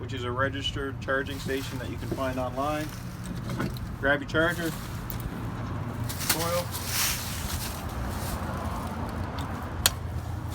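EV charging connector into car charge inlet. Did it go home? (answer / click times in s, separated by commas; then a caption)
yes / 9.9 s. Someone talks while taking the charging cable and coil from a registered public charging station and pushing the EV charging connector into the charge port of a 2020 Kia Soul EV over a steady low hum. A sharp hit at 9.9 s marks the connector seating in the car's charge inlet.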